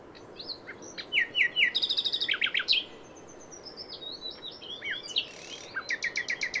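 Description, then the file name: Common nightingale song: varied phrases of rapid repeated chirps, fast clicking trills and thin high whistles, separated by short pauses over a steady background hiss. "Luscinia megarhynchos"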